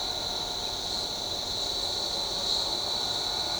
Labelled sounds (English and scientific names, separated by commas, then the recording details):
none
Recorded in shrubland near Pivijay, Magdalena, Colombia, on 15 April 2023 at 08:30
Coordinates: 10.453, -74.365
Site P5-G022